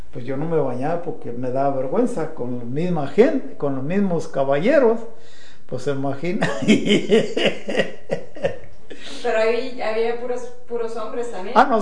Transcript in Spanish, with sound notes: Pos yo no me bañaba, porque me daba vergüenza con mi misma gente, con los mismos caballeros. Pos, ¿se imagina ahí? (risas)
Pero, ahí había puras, puros hombres también.
¡Ah, no!